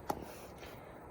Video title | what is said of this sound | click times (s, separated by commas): How to change oil in a 2010 4Runner | yeah it's not directional you just put it on until it snaps there'll be a little bit of play in it | 0.1 s